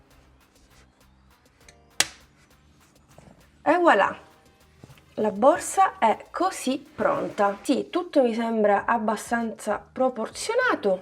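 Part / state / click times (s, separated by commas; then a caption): clic-clac spring clasp frame sewn onto a crocheted handbag / seated / 2.0 s. A hinged bamboo clic-clac spring clasp frame, sewn onto a crocheted handbag, is closed by hand and shuts with one sharp snap at 2.0 s, confirming the clasp is sewn on correctly and seated. Someone then talks.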